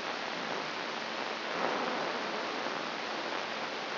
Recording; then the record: brain microelectrode recording played as sound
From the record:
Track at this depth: inside the subthalamic nucleus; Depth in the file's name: 2.546 mm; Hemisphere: right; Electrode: 3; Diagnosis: Parkinson's disease